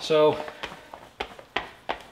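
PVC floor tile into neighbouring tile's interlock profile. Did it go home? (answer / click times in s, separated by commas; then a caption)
yes / 0.9 s, 1.2 s, 1.4 s, 1.6 s, 1.9 s. Flexible PVC interlocking garage floor tiles are stepped on so their edge profiles snap into the neighbouring tiles' interlock profiles. After someone briefly talks, sharp clicks are heard at 0.9, 1.2, 1.4, 1.6 and 1.9 seconds. The tiles click into place and are seated.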